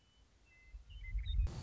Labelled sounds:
Western Meadowlark (Sturnella neglecta)
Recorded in Sonoma County, California

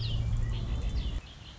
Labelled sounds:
Red-winged Blackbird (Agelaius phoeniceus)
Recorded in Sonoma County, California

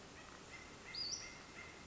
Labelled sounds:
Western Flycatcher (Empidonax difficilis)
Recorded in Sonoma County, California

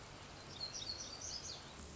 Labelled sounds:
Black-throated Gray Warbler (Setophaga nigrescens)
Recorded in Sonoma County, California

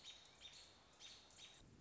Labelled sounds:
American Robin (Turdus migratorius)
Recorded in Sonoma County, California

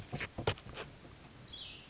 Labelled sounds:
Cassin's Vireo (Vireo cassinii)
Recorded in Sonoma County, California

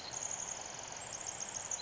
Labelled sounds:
Pacific Wren (Troglodytes pacificus)
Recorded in Sonoma County, California

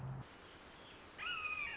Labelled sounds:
Red-shouldered Hawk (Buteo lineatus)
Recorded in Sonoma County, California

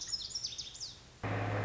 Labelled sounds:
Lazuli Bunting (Passerina amoena)
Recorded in Sonoma County, California

